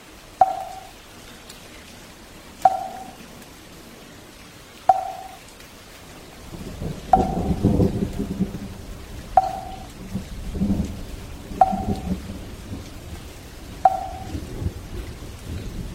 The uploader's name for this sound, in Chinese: 木鱼伴随着雨